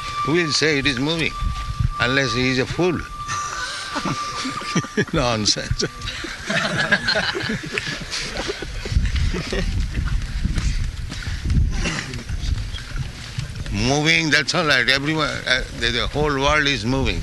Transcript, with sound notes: Who will say it is moving, unless he's a fool? Nonsense. [laughter] Moving, that's all right. Everyone... The whole world is moving.